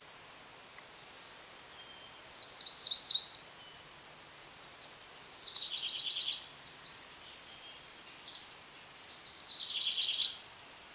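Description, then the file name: American redstart singing high, wiry phrases of quick repeated notes, some rising and falling, three bursts spaced a few seconds apart over a faint hiss. "Setophaga ruticilla - American Redstart"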